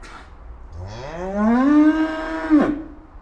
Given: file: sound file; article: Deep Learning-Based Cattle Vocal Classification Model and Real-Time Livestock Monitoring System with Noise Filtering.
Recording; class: cattle; estrus call